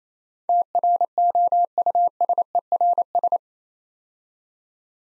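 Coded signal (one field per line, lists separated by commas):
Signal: Morse code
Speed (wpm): 27 wpm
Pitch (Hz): 700 Hz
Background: none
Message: TROUSERS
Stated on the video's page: Morse practice drill of 8-letter words at 28 WPM, each word sent twice.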